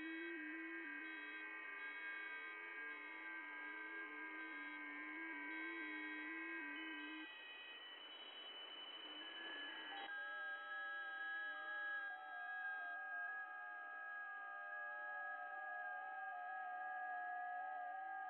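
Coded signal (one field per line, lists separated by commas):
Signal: FT8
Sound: many overlapping steady warbling tones, pausing briefly, then a new set starting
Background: radio static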